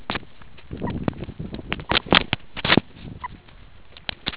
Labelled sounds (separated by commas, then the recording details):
meerkat short note
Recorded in the Kuruman River Reserve, South Africa
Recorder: an audio tag on a meerkat's collar